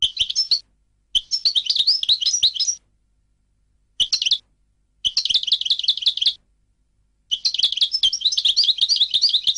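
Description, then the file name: European goldfinch song, repeated bursts of rapid, chattering twitters of varying length with short gaps between them. "audio burung goldfinch"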